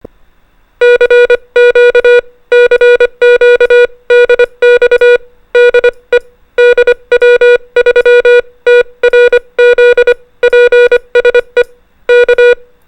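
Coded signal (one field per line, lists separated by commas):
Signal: Morse code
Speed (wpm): 25 wpm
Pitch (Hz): 480 Hz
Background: music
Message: CQ CQDX DE DW3TRZ PSE K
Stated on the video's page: CW contact with a Japanese station during a JIDX DX CW contest.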